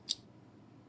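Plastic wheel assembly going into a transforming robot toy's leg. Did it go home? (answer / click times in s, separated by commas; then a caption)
yes / 0.1 s. During a transforming plastic robot-to-truck figure's conversion, a plastic wheel assembly is popped out and pushed into position on the robot toy's leg. A single sharp, bright click lands at 0.1 s over a faint low background hum. The wheel snaps into place and is seated.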